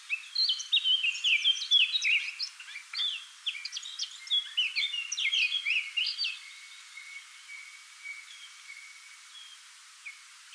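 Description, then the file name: Eurasian Blackcap song: a fast, varied run of warbled and chattering notes for several seconds, then a long thin steady whistle and a few scattered notes. "Sylvia atricapilla"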